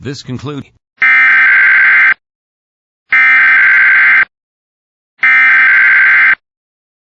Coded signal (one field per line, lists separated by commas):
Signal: Emergency Alert System (SAME) tones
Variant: header bursts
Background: speech